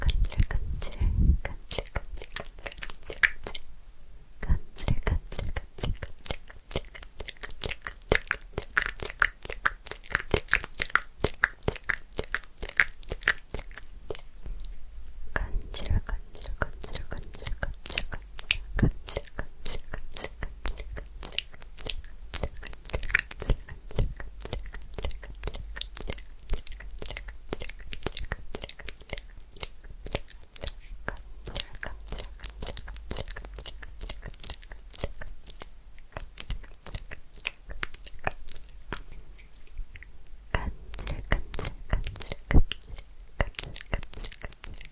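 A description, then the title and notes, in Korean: Mouth sounds rubbed and tapped on a pin mic, a dense, fast stream of wet clicks and crackles with brief pauses near 4, 15 and 40 seconds. 입소리폭탄 핀마이크 괴롭히기.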